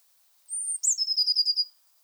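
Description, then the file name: Eurasian blue tit song phrase: one long, very high thin whistle, then a short sharp note and a rapid even trill of lower notes. "Cyanistes caeruleus"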